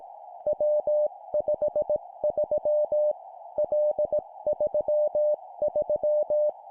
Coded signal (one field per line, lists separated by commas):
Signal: Morse code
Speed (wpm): 18 wpm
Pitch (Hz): 600 Hz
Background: none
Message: W53 L33